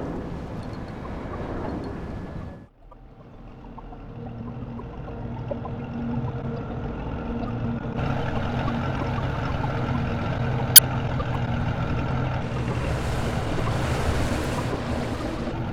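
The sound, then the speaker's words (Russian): A boat moves on water, with a steady low rumble under washing, splashing waves and gusty wind noise; a single sharp click cuts through midway, and the hiss brightens toward the end. “Это лодка, на которой сбежала Джейн.”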